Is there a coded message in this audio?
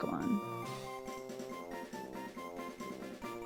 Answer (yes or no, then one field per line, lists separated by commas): no